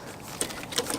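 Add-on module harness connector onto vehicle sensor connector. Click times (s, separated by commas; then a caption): 0.4 s, 0.8 s. A plastic add-on module harness connector on a Hyundai Elantra 1.6 T-GDi is pushed onto the vehicle sensor connector, its locking tab going onto the 45-degree cut. Sharp clicks sound at 0.4 s and 0.8 s over a low background, with smaller ticks at 0.6 s and 0.9 s. The connector snaps into place and is seated.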